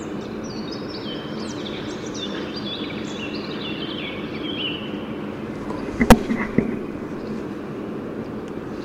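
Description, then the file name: Eurasian blackcap song: a rapid run of warbled and slurred notes for about five seconds, then a sharp click and thuds against continuous background noise. "Sylvia atricapilla"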